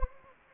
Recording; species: mosquito wingbeat signal from an infrared sensor; Anopheles gambiae